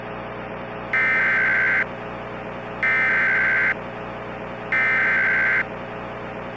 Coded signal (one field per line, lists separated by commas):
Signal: Emergency Alert System (SAME) tones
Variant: header bursts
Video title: EAS - Giant Swirling Column of Air (Test)